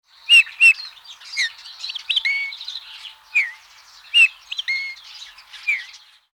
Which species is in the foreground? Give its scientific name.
Pyrrhula pyrrhula